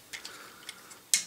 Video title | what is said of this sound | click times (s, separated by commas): T2RX6 Reviews: Transformers Unite Warriors Hook (Devy Week Day 4) | hands out here and they do click into place | 0.2 s, 0.7 s, 1.1 s